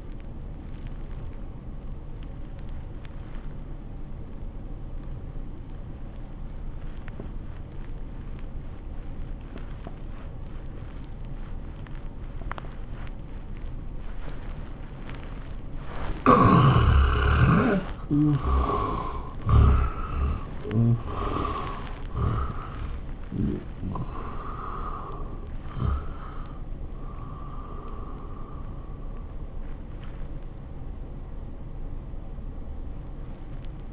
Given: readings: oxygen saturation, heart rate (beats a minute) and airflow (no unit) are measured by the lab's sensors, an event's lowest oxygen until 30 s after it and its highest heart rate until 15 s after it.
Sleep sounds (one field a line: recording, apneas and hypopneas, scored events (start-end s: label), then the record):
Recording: breathing in sleep by a smartphone at the bedside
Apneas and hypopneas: 1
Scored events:
5.00-18.20 s: obstructive apnea (N1, oxygen 94% highest, then 76% lowest, heart rate 86 at the start, 100 highest)
From the record:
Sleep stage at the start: N1 (lightest sleep)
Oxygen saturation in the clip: 77 to 94%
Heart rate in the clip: 78 to 100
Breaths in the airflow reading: 5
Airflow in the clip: -21.2 to 14.4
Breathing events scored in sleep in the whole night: 403 in 5.5 hours asleep